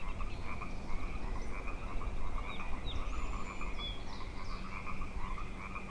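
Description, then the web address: Frogs in chorus, a dense steady pulsing croak with two trilling pitch layers throughout, while a few thin bird whistles and chirps sound above, over low rumbling background noise. Frog chorus at Grafton Lake, recorded 3 May 2009. "The Frog Chorus Tunes Up On Grafton Lake"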